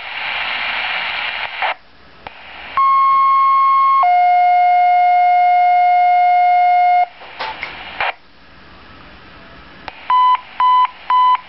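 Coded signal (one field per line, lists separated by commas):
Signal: two-tone page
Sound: radio hiss, a 1-second high tone, a 3-second lower tone, then three short warbling bursts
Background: radio static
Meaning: Sequential tones set off fire department pagers, sent here as a nightly test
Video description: Du-comm's nightly tone test. Hanover Park, Bartlett, Streamwood, Roselle, and the M.A.B.A.S. emergency alert tones.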